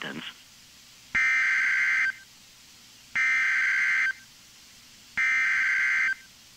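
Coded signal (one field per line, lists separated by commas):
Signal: Emergency Alert System (SAME) tones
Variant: header bursts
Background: speech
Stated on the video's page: Flash flood warning in South Carolina, NOAA Weather Radio station, Columbia SC forecast office.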